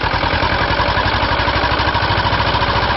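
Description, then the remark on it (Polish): A motorboat fitted with an Ursus tractor engine, entering a bay, idles with a loud, steady low chugging, its rapid regular pulses throbbing continuously without pause. No voices are heard over it. “Motorówka z silnikiem Ursusa wpłynęła do zatoki.”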